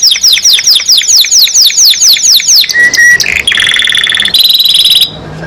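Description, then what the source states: Canary song: rapid repeated downward-sweeping notes, then a short whistled note, fast buzzy trills and steady high rattling phrases, loud and continuous. Singing constantly (gacor); champion-level singer, first place winner.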